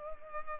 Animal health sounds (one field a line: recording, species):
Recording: mosquito wingbeat signal from an infrared sensor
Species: Culex pipiens